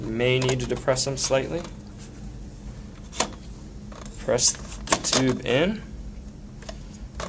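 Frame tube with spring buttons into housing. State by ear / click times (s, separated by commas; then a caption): seated / 7.2 s. Someone talks while a frame tube with two spring buttons for a Graco Love and Hug Swing is pressed into its housing, with the buttons depressed slightly and lined up with the rectangular cutouts. Soft handling knocks and rustles lead to a sharp click at 7.2 s as the first button snaps into the housing and seats, before the frame is opened up for the second click.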